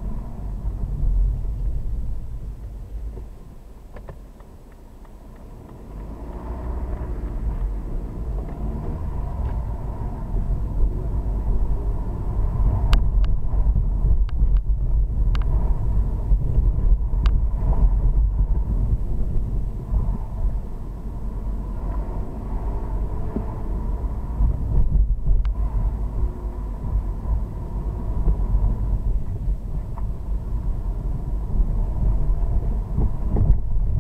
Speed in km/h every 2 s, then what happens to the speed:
10, 2, 3, 16, 23, 29, 27, 27, 26, 21, 24, 29, 24, 24, 16, 19, 16.
4-10 speeds up to 29. 10-15 steady at about 27. 15-18 slows to 21. 18-22 speeds up to 29. 22-27 slows to 16.